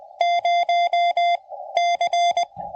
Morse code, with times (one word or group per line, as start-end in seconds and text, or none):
0.2-1.4 0
1.8-2.4 C